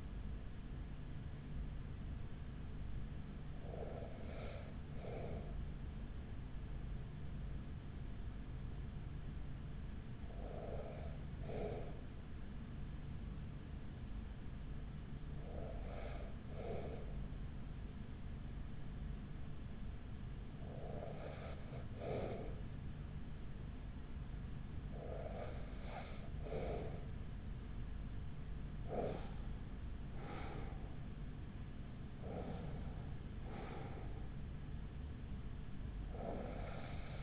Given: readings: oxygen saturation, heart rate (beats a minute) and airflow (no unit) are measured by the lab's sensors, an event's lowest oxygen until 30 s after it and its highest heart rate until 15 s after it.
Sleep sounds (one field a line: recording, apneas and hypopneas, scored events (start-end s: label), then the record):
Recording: breathing in sleep by a smartphone at the bedside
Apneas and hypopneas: 1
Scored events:
11.00-30.30 s: hypopnea (N1, oxygen 96% highest, then 94% lowest, heart rate 36 at the start, 49 highest)
From the record:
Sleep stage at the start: N1 (lightest sleep)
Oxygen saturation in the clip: 94 to 96%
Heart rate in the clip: 36 to 49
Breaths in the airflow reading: 7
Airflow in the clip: -6.8 to 6.6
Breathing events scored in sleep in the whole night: 207 in 7.6 hours asleep